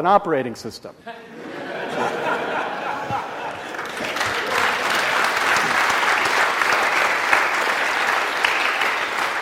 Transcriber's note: laughs; applause